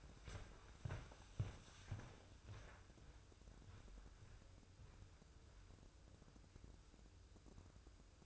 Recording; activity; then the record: daily activity, microphone in the room; walk to room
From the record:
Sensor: 2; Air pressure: 995.4 hPa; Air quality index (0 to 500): 79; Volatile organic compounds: 3 ppm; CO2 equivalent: 1420 ppm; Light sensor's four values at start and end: 23/74/29/28 and 23/75/30/28